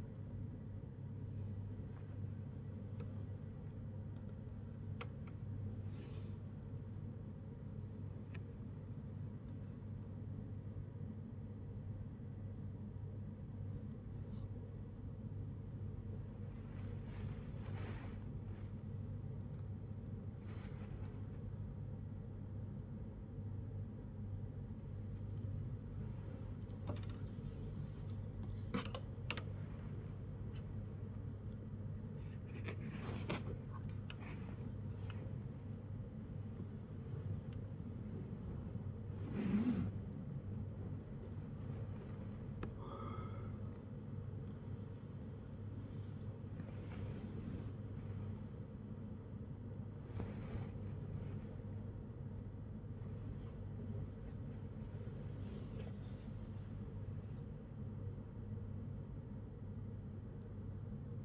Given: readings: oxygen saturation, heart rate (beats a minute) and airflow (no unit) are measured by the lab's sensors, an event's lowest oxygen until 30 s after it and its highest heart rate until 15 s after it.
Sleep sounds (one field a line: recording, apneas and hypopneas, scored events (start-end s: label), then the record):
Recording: a person awake in a sleep study, by a smartphone at the bedside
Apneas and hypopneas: none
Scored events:
0.00-61.25 s: awake
From the record:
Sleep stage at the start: awake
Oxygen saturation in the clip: 93 to 96%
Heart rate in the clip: 77 to 92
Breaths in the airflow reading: 16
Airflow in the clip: -11.4 to 11.0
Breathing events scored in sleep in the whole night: 182 in 7.4 hours asleep